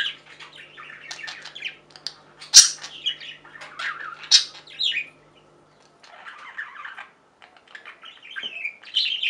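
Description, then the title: Budgerigar chatter of scratchy warbling and chirps with a couple of sharp squawks, a brief lull, then chattering resumes. "Budgie Sounds"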